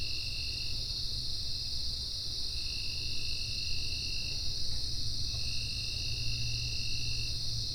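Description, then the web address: Insect chorus: a constant shrill high drone, with a lower whine that comes and goes in three stretches, above a deep background rumble. "Soundfx IV General Insects"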